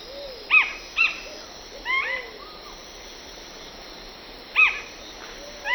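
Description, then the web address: Plain-crowned spinetail song: a pair of short harmonic notes half a second apart, then more after a pause, with softer low arching notes behind. Eastern lowlands of South America. "Natures Songs S America Eastern Lowlands. Plain-crowned Spinetail"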